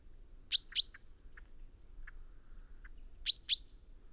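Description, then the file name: Common chaffinch uttering two pairs of sharp, high call notes, with a few faint, soft chirps scattered between them. "Fringilla coelebs"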